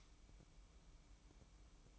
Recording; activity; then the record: daily activity, microphone in the room; light off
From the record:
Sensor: 1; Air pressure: 1008.0 hPa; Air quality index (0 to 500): 122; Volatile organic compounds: 2 ppm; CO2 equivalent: 1030 ppm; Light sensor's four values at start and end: 10/28/11/12 and 8/19/8/8